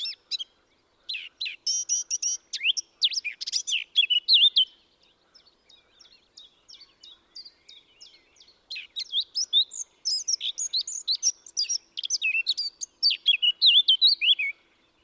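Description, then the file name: Eurasian blackcap song: long, busy warble of chattering and squeaky notes with brighter fluty twists, softening midway and then growing louder again in a lively run. "Sylvia atricapilla"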